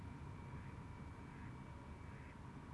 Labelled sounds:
Mallard (Anas platyrhynchos)

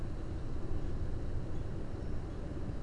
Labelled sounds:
none

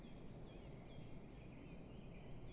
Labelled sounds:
Great Tit (Parus major)

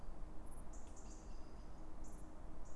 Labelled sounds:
Common Blackbird (Turdus merula)

